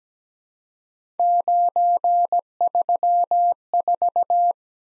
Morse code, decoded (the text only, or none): 934